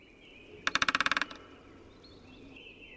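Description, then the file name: Great spotted woodpecker drumming: one short, fast burst of about ten sharp wooden knocks lasting roughly half a second, with faint birdsong in the background. "Buntspecht"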